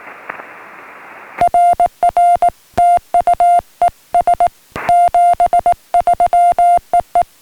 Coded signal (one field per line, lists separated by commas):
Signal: Morse code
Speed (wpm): 18 wpm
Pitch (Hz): 700 Hz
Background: music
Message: RR TU ES 73 EE